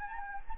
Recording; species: mosquito wingbeat signal from an infrared sensor; Anopheles gambiae